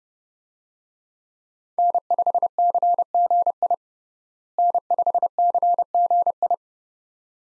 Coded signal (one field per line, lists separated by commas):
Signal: Morse code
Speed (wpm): 30 wpm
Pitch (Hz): 700 Hz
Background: none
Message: N5CGI N5CGI